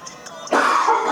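After a brief quiet moment, a single harsh, noisy adult cough burst, heard somewhat away from the microphone.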